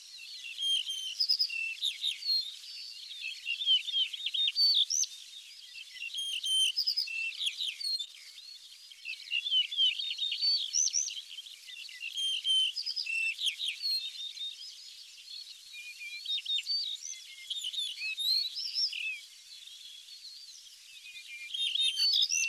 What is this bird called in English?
Yellow-breasted Bunting